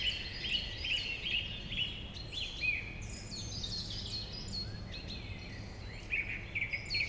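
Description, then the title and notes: Song Thrush song, short bright phrases repeated several times, over a busy chorus of other birds and a low steady rumble. Recorded on the Route Forestière de la Meunaz in the Montcel state forest, Montcel, Savoie, France; a large forest frequented by thrushes and many other birds. "Rte Forestière de la Meunaz, 73100 Montcel, France - Grive musicienne. Forêt domaniale du Montcel, vaste espace forestier , fréquenté par les grives et de nombreux oiseaux. La cloche du Montcel"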